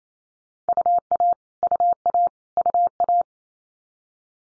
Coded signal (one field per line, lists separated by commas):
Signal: Morse code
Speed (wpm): 28 wpm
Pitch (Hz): 700 Hz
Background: none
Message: UA UA UA